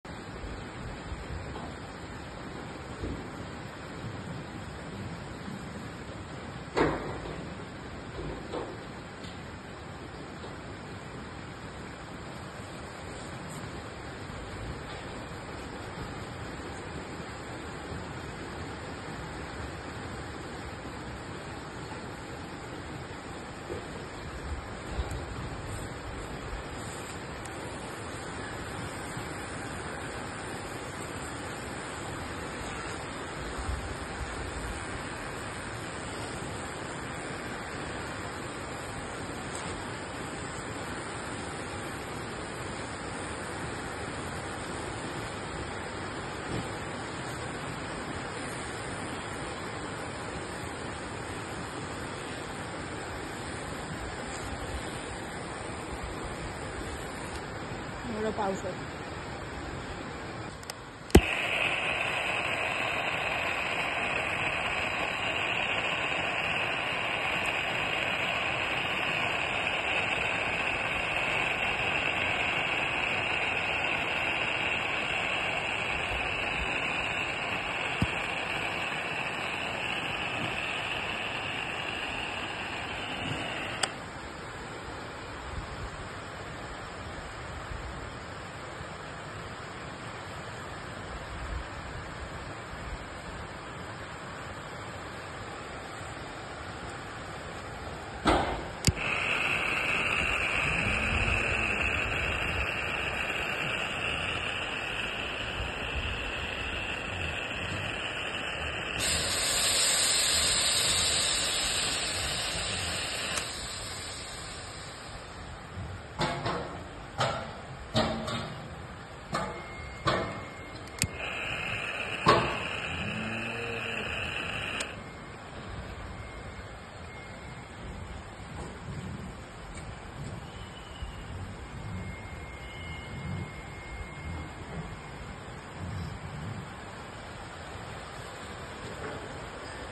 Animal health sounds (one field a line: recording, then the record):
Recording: sound track of a veterinary video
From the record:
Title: disbudding in calves